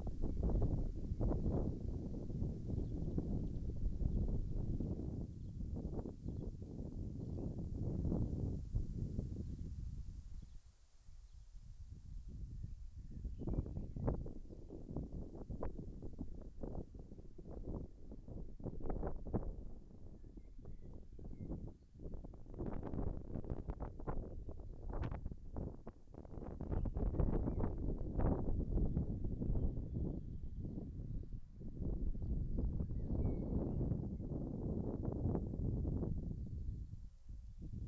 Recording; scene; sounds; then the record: everyday scene through a hearing-aid microphone; wind on the microphone; wind, birds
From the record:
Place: in front of a rural house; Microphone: behind the ear, left, front